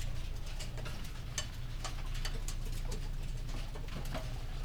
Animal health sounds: poultry house recording; healthy chickens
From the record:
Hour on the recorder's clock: 19

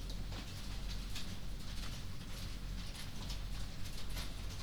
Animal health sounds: poultry house recording; no chicken sound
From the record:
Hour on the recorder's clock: 23

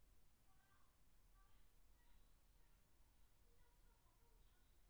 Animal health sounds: poultry house recording; no chicken sound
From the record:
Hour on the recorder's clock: 17

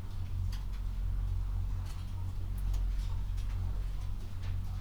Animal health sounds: poultry house recording; healthy chickens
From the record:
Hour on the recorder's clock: 22

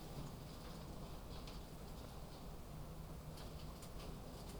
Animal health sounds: poultry house recording; no chicken sound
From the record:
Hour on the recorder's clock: 22

